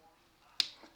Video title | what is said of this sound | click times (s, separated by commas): LEPOWER-TEC Book Light for Reading in Bed, 24LED Rechargeable Reading Light C | You Hear The Click you see the red indicator | 0.6 s